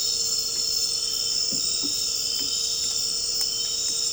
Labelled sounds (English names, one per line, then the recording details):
none
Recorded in dense forest near Puerto Asís, Putumayo, Colombia, on 9 March 2025 at 20:00
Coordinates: 0.467, -76.328
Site G041